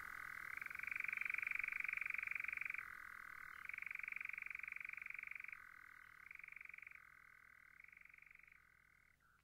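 Nightjar churring: a long, steady mechanical trill that shifts between a higher and a lower pitch every second or two, fading slightly toward the end.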